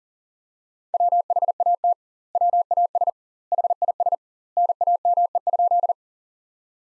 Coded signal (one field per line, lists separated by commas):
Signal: Morse code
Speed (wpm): 40 wpm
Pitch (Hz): 700 Hz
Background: none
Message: WHAT WAS HIS NAME?